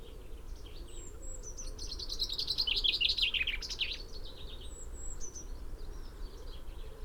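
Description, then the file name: Common chaffinch song: a run of descending notes ending in a brisk flourish, with thin high whistles and a low background rumble. "Fringilla coelebs"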